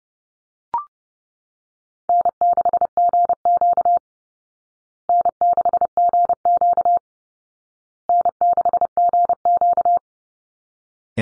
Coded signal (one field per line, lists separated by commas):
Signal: Morse code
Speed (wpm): 30 wpm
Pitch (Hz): 700 Hz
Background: none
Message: N6GQ N6GQ N6GQ